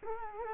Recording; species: mosquito wingbeat signal from an infrared sensor; Culex quinquefasciatus